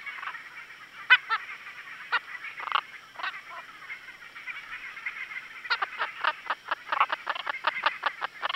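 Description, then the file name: Leprieur's slender-legged treefrog calling with short, sharp pulsed notes, scattered at first, then repeated quickly in a steady series near the end. "Osteocephalus leprieuri"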